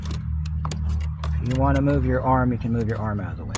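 A fuel level sender is handled against the plastic grooves of a Cadillac DTS fuel pump module bracket, with short light clicks and taps around 0.1, 0.5, 0.7 and 1.2 s over a steady low hum. Someone talks through the middle of the clip. The sender has not yet been pushed home, and nothing has snapped or seated by the end.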